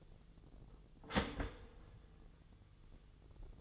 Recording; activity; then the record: daily activity, microphone in the room; start toaster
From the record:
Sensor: 4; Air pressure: 1001.0 hPa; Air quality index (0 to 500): 166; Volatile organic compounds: 2 ppm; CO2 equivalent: 1205 ppm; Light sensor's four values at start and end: 21/48/20/21 and 20/47/20/20